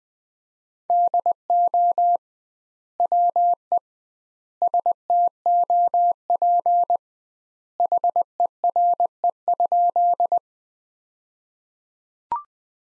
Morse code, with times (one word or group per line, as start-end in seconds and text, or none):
0.9-2.2 DO
3.0-3.8 WE
4.6-7.0 STOP
7.8-10.4 HERE?